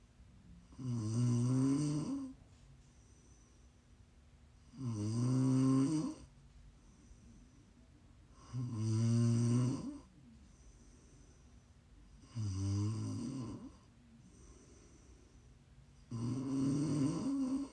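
Five loud, low rumbling snores from a sleeping adult at about 16 a minute, each on an in-breath, with quiet exhalations between.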